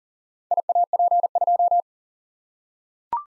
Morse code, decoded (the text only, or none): IAP2